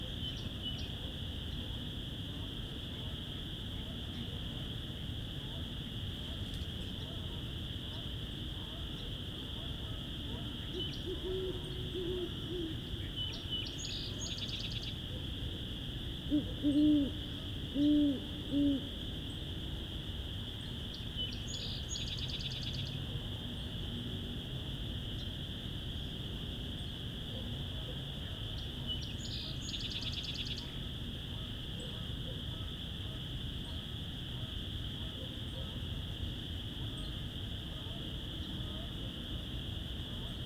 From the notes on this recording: dusk spring walk through the Vinemount Swamp